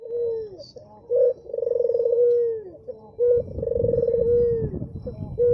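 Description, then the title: Barbary dove giving rolling, purring coos, each opened by a short note, over a low rumbling background. White Barbary dove (puter putih), a masteran training sound played to songbirds. "Kicau Mania Masteran Burung Puter Putih"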